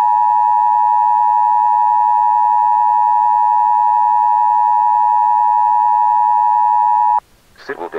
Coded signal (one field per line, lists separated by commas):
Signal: Emergency Alert System (SAME) tones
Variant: 853 and 960 Hz attention tone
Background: speech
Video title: (EAS Mock) Cheeseland Chaos